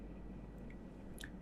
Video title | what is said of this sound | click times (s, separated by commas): Apple iPhone 7 Cracked Screen Repair Step By Step Tutorial For Beginners | once it seats itself is you just click right into place | 0.7 s, 1.2 s